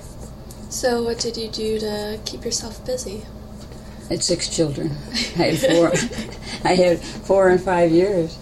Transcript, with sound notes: What did you do to keep yourself busy?
I had six children. [Laughter] I had four in five years.